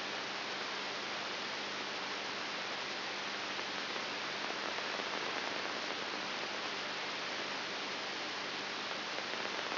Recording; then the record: brain microelectrode recording played as sound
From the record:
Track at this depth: outside the subthalamic nucleus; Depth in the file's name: 7.5 mm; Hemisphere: left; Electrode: 3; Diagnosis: Parkinson's disease